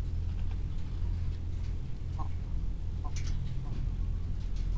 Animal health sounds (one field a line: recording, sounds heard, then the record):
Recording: poultry house recording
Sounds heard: sick chickens (respiratory disease)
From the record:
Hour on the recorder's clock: 15